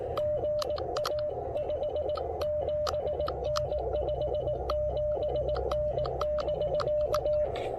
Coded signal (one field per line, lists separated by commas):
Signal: Morse code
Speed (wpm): 18 wpm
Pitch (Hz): 600 Hz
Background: music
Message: GA 57N 57N <BK>